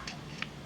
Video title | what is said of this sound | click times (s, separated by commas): EDC key organisation - My first EDC key organiser from Orbitkey | can you can you can you can feel it lock into place and | 0.4 s